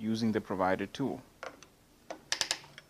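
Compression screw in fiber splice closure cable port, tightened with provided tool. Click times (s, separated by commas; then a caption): 2.3 s, 2.4 s, 2.5 s. Someone talks while the compression screw in a fiber splice closure's cable entry port is tightened with the supplied tool. Faint ticks follow, then the tool gives three sharp clicks at 2.3, 2.4 and 2.5 seconds as it turns, showing it is clicking while it tightens.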